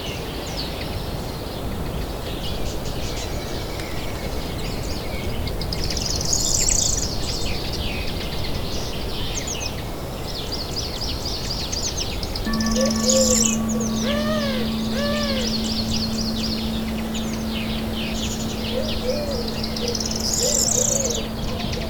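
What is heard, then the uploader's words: Birds chirp and trill steadily over a soft, continuous rumble of outdoor noise, with brighter bursts of song near 7, 13 and 21 seconds. About halfway through, a steady low tone enters and holds to the end, joined by lower swooping calls. Relaxing Nature Sounds with Piano.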